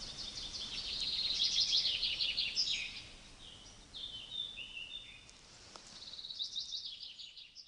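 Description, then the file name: Common chaffinch song, rather soft: a rapid trilled phrase sliding down in pitch, followed by scattered thin notes and a further trill near the end, over constant outdoor hiss. "Fringilla coelebs"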